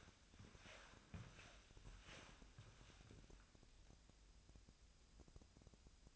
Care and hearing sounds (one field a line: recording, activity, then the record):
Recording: daily activity, microphone in the room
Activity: walk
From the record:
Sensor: 2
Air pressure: 1000.3 hPa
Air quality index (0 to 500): 160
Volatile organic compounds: 3 ppm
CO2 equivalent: 1340 ppm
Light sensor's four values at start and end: 14/38/15/17 and 14/38/15/17